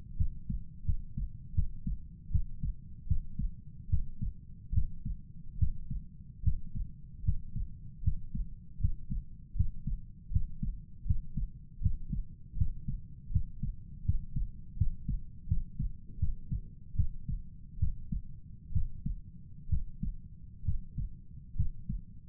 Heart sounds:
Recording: heart sounds by stethoscope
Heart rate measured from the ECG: 76 bpm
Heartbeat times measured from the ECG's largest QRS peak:
0.17 s: heartbeat
0.85 s: heartbeat
1.54 s: heartbeat
2.31 s: heartbeat
3.07 s: heartbeat
3.89 s: heartbeat
4.73 s: heartbeat
5.58 s: heartbeat
6.43 s: heartbeat
7.24 s: heartbeat
8.03 s: heartbeat
8.80 s: heartbeat
9.56 s: heartbeat
10.31 s: heartbeat
11.06 s: heartbeat
11.81 s: heartbeat
12.57 s: heartbeat
13.31 s: heartbeat
14.05 s: heartbeat
14.77 s: heartbeat
15.48 s: heartbeat
16.19 s: heartbeat
16.96 s: heartbeat
17.79 s: heartbeat
18.72 s: heartbeat
19.69 s: heartbeat
20.65 s: heartbeat
21.56 s: heartbeat
From the record:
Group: healthy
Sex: male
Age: 35 years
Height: 178 cm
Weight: 64 kg

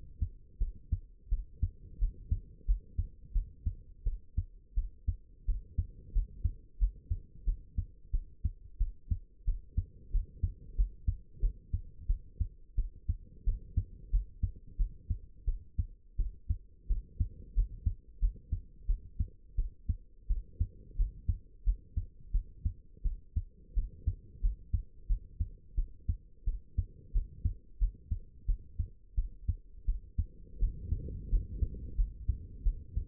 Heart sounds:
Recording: heart sounds by stethoscope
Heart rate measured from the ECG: 88 bpm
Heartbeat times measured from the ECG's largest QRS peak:
0.59 s: heartbeat
1.30 s: heartbeat
1.99 s: heartbeat
2.66 s: heartbeat
3.33 s: heartbeat
4.04 s: heartbeat
4.75 s: heartbeat
5.46 s: heartbeat
6.13 s: heartbeat
6.79 s: heartbeat
7.45 s: heartbeat
8.12 s: heartbeat
8.78 s: heartbeat
9.45 s: heartbeat
10.12 s: heartbeat
10.76 s: heartbeat
11.41 s: heartbeat
12.07 s: heartbeat
12.76 s: heartbeat
13.45 s: heartbeat
14.11 s: heartbeat
14.77 s: heartbeat
15.46 s: heartbeat
16.17 s: heartbeat
16.88 s: heartbeat
17.55 s: heartbeat
18.20 s: heartbeat
18.87 s: heartbeat
19.56 s: heartbeat
20.28 s: heartbeat
20.97 s: heartbeat
21.65 s: heartbeat
22.32 s: heartbeat
23.03 s: heartbeat
23.75 s: heartbeat
24.41 s: heartbeat
25.08 s: heartbeat
25.76 s: heartbeat
26.45 s: heartbeat
27.13 s: heartbeat
27.79 s: heartbeat
28.46 s: heartbeat
29.16 s: heartbeat
29.86 s: heartbeat
30.60 s: heartbeat
31.30 s: heartbeat
31.96 s: heartbeat
32.64 s: heartbeat
From the record:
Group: healthy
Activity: rest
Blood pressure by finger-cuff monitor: 82/43 mmHg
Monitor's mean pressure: 59 mmHg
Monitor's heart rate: 88 bpm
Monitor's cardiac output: 9 L/min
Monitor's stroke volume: 103 mL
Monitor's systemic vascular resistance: 460 dyn s/cm5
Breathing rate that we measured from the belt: 17 breaths a minute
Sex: female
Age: 22 years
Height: 161 cm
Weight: 65.5 kg

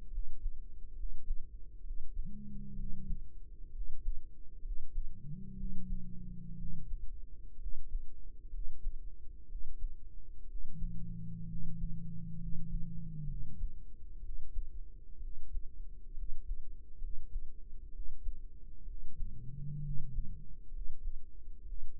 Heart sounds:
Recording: heart sounds by microphone in the right ear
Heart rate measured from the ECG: 64 bpm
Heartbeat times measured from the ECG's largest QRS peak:
0.08 s: heartbeat
0.93 s: heartbeat
1.81 s: heartbeat
2.74 s: heartbeat
3.70 s: heartbeat
4.60 s: heartbeat
5.54 s: heartbeat
6.55 s: heartbeat
7.56 s: heartbeat
8.48 s: heartbeat
9.45 s: heartbeat
10.45 s: heartbeat
11.45 s: heartbeat
12.36 s: heartbeat
13.24 s: heartbeat
14.19 s: heartbeat
15.18 s: heartbeat
16.12 s: heartbeat
16.97 s: heartbeat
17.89 s: heartbeat
18.83 s: heartbeat
19.79 s: heartbeat
20.69 s: heartbeat
21.62 s: heartbeat
From the record:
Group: healthy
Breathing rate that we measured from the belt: 15 breaths a minute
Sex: male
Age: 20 years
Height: 167 cm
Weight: 61 kg

